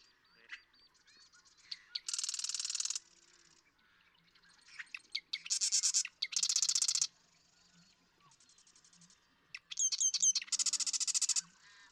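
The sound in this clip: Marsh Wren song, repeated three times: each begins with dry clicks and short stutters, then bursts into a loud, fast, buzzy rattle lasting about a second.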